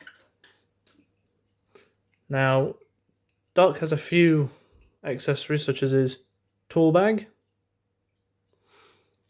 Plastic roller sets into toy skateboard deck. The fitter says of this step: of rollers like that and just clicks into place right that now